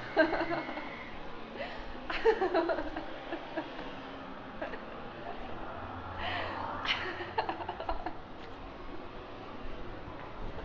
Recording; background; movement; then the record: laughter; traffic; walking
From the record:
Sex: female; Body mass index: 18.3 kg/m2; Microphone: on the chest, facing outward